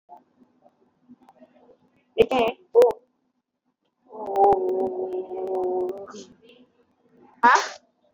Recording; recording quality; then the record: sustained vowel as in boot; poor, much background noise or distortion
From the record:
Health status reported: exposed to COVID-19, no respiratory illness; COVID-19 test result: negative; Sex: female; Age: 45 years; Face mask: not worn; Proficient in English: yes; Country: India